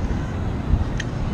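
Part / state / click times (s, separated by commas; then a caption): locking clip on a rappelling harness / seated / 1.0 s. A locking clip on a rappelling harness is fastened to secure the rappeller's connection to the rope system as they lean back over a building's edge. A short, bright metallic click is heard at 1.0 s over steady low, rumbling background noise. The harness connection is locked in.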